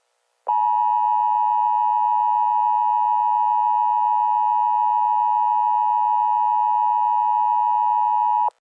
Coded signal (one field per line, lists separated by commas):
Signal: Emergency Alert System (SAME) tones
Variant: 853 and 960 Hz attention tone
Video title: EAS Scenario: Kentucky Coal Mine Fire